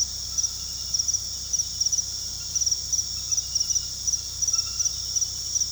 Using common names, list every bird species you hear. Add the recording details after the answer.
none. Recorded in pastures near Puerto Asís, Putumayo, Colombia, on 19 February 2024 at 23:00. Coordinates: 0.486, -76.323. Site G6462